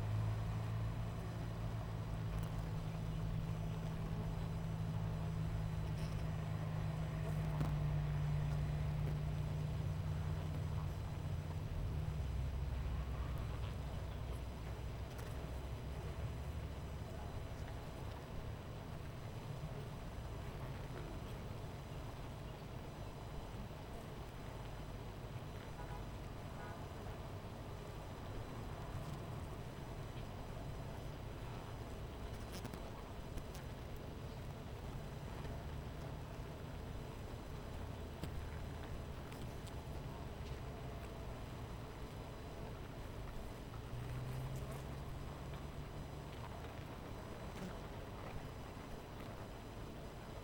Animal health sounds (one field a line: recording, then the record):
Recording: honeybee colony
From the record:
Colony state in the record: missing queen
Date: 14 July 2017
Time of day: 12:14